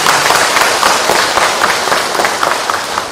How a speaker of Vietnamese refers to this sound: Xin chào một tràng pháo tay.